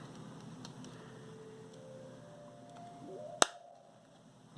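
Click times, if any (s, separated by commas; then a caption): 3.4 s. Two halves of a plastic display brick holding a Naruto Kayou trading card are pressed together, with faint small ticks near 0.7 and 0.8 s and a low hum underneath. One sharp, loud click at 3.4 s shows the case has snapped shut and is seated.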